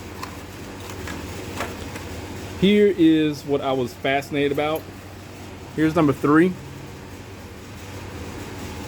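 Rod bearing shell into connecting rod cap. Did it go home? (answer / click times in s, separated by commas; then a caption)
no / none. A new rod bearing shell for cylinder number 3 is handled at the connecting rod cap of a locked-up engine whose old bearing had spun, with a faint tick at 0.2 s over a steady low hum while someone talks. Nothing has seated or clicked yet; the clip ends before the shell goes home.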